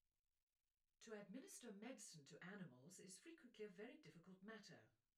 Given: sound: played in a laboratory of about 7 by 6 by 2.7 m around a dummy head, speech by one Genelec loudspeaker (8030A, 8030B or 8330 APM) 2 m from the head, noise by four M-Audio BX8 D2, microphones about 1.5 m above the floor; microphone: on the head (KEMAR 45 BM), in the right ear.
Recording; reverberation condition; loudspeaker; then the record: female speech in English; low; 150 degrees to the left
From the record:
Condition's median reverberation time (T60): about 310 ms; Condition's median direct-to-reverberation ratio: about 3.5 dB